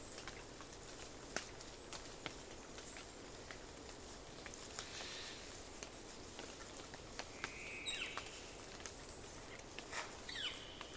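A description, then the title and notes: Dawn in the Queets River Valley rainforest, with a steady low rushing hiss underneath throughout. Sharp clicks and snaps of elk moving through the glade land every second or so, and brief bird chirps rise around five and eight seconds. A long soundscape across Dawn in the Queets River Valley rainforest of the Olympic National Park. A small herd of Roosevelt Elk walks in from a distance, though a small forest glade, an away towards the Queets River bed. Distant traffic is funneled up the Valley.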